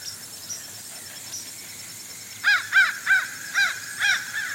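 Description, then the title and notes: Fish crow calls: a run of several nasal caws in quick succession in the second half, over constant high insect hum. Fish crows, inquisitive, calling to each other, Outer Banks; insects calling nearby. "Fish crows become inquisitive and call to each other"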